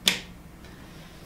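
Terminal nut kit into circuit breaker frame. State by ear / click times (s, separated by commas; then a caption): seated / 0.1 s. A 3-pole LV426963 plastic terminal nut kit is placed with its notches into the grooves on the back of a Schneider Electric PowerPact B molded case circuit breaker and pressed down. A single sharp click is heard at 0.1 s, then a quiet low hum as the kit seats into place on the breaker.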